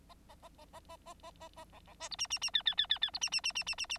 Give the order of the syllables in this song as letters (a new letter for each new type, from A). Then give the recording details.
A A A A A A A A A A B B C D E E E F F F F F D E E E E E E E. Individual Bird9